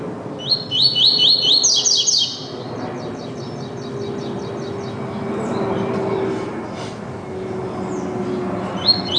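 Double-collared seedeater song: rising whistles and rapid buzzy notes, then softer repeated notes fading into steady background noise, with a phrase beginning again at the end.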